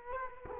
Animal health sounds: mosquito wingbeat signal from an infrared sensor; Culex quinquefasciatus

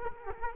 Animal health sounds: mosquito wingbeat signal from an infrared sensor; Culex quinquefasciatus

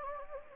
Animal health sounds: mosquito wingbeat signal from an infrared sensor; Anopheles gambiae

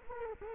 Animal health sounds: mosquito wingbeat signal from an infrared sensor; Culex quinquefasciatus

